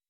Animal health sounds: hydrophone in a shrimp aquaculture tank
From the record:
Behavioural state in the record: weakened

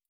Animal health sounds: hydrophone in a shrimp aquaculture tank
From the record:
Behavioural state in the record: stressed

